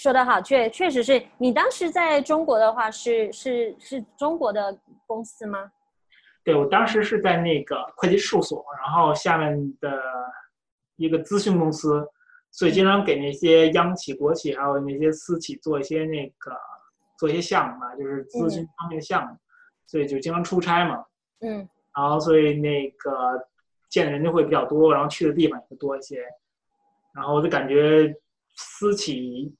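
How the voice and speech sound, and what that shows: Adult man who stammers, born in Beijing and moved to the US at 17, now living in Chicago, speaking conversational Mandarin with repeated, stretched syllables at phrase starts: stuttering, with part-word repetitions and prolongations.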